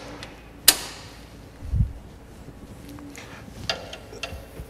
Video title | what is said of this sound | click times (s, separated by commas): Adjusting a coupling with a ratchet style handbrake for Al-ko or Knott trailer and caravan brakes | this has got two clicks but it's nearly going onto the third click | 0.7 s, 3.7 s